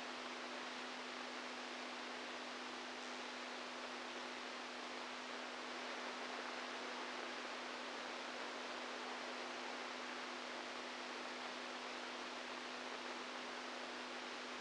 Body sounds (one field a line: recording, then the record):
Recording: brain microelectrode recording played as sound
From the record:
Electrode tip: inside the subthalamic nucleus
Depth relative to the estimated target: -2 mm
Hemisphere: right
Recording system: NeuroSet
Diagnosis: Parkinson's disease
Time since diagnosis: 10 years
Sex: male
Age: 65 years